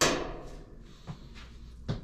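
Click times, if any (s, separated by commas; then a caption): none. After new suspension bushings are fitted, the top lid panel of a Whirlpool washer is handled back down onto the washer cabinet. A loud broadband knock at the start fades away, followed by softer low thuds near 1.1 s and 1.9 s. Nothing has seated or clicked yet.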